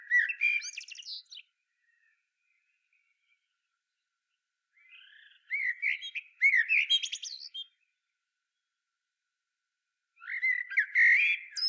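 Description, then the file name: Common blackbird calls in three bursts of rich, harsh, harmonic notes with quiet gaps of several seconds between them. "Turdus merula"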